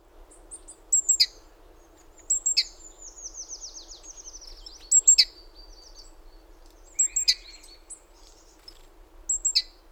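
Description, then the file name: Great tit calls: crisp, high double notes repeated about every two seconds, with a descending series of thin whistles and other bird chirps against a low hum. "Parus major"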